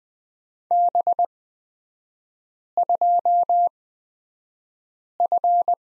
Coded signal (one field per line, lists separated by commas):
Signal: Morse code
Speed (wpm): 20 wpm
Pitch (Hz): 700 Hz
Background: none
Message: B2F